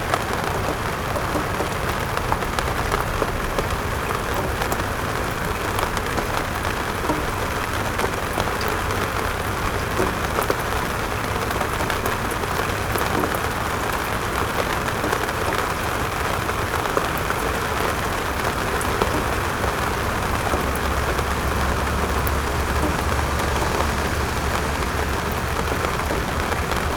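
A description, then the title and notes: Rain drums steadily on a rooftop, a dense, even patter of countless drops that never lets up across the whole stretch. The hiss is full, with a soft low rumble underneath that thickens slightly toward the end. Rain on The Rooftop.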